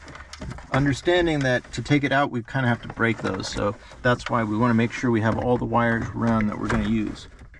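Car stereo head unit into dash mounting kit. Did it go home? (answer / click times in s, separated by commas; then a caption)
no / none. An aftermarket car stereo head unit is handled at the plastic dash kit cage in a 1991 Honda Accord as it is about to be slid in so its retaining tabs click into place. Someone talks throughout, with a few faint short knocks near the start and a brief sound at the very end. Nothing has seated or clicked yet.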